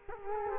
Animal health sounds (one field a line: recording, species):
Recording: mosquito wingbeat signal from an infrared sensor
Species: Culex quinquefasciatus